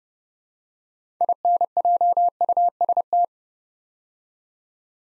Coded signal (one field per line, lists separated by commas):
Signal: Morse code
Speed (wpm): 30 wpm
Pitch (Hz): 700 Hz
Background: none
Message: INJUST